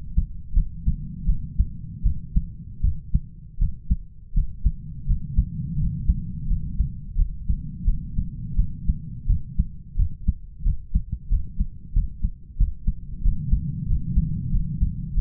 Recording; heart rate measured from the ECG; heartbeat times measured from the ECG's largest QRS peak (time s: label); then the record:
heart sounds by stethoscope; 86 bpm
0.54 s: heartbeat
1.26 s: heartbeat
2.03 s: heartbeat
2.82 s: heartbeat
3.59 s: heartbeat
4.34 s: heartbeat
5.06 s: heartbeat
5.77 s: heartbeat
6.47 s: heartbeat
7.16 s: heartbeat
7.85 s: heartbeat
8.56 s: heartbeat
9.26 s: heartbeat
9.96 s: heartbeat
10.64 s: heartbeat
11.29 s: heartbeat
11.93 s: heartbeat
12.58 s: heartbeat
13.22 s: heartbeat
13.87 s: heartbeat
14.51 s: heartbeat
15.14 s: heartbeat
From the record:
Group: healthy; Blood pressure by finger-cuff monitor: 107/63 mmHg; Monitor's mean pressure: 80 mmHg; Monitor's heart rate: 87 bpm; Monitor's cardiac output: 8.3 L/min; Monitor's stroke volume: 97 mL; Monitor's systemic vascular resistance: 690 dyn s/cm5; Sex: male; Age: 33 years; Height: 179 cm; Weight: 80.4 kg